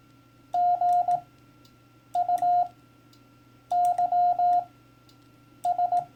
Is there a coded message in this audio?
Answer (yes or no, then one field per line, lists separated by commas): yes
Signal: Morse code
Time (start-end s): 0.5-6.0 s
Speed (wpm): 18 wpm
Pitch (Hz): 710 Hz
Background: none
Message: GUYS